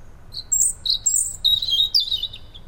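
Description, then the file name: European robin singing several short, high, thin twittering phrases with sliding squeaky notes. "Erithacus rubecula"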